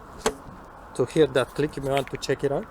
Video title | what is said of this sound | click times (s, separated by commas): Hyundai KIA trunk latch issue - stuck trunk lid won't open | i do recommend you go gently just push it all the way down and then just press on it to hear that click | 0.3 s